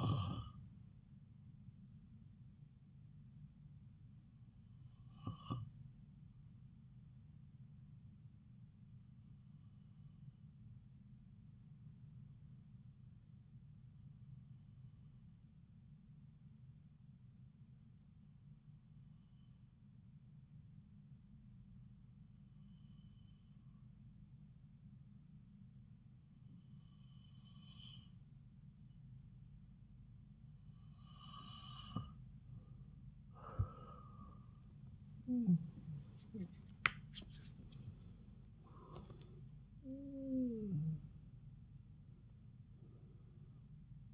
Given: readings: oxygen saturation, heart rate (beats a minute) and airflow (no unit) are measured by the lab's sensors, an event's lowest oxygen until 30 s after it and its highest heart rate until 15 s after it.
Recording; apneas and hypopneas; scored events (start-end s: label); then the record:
breathing in sleep by a smartphone at the bedside; 1
14.00-35.90 s: hypopnea (N2, oxygen 95% highest, then 92% lowest)
From the record:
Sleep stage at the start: N2 (light sleep); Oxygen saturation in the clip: 92 to 95%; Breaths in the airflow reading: 11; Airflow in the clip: -7.0 to 10.7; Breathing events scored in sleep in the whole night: 270 in 6.1 hours asleep